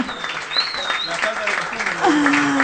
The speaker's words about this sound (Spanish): Fuerte ese aplauso, bravo, por favor, vamos.